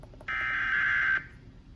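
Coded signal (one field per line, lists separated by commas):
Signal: Emergency Alert System (SAME) tones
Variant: header bursts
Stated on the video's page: EAS alerts captured from WDFA, including weekly and monthly tests, flash flood watch, law enforcement warning and special marine warning.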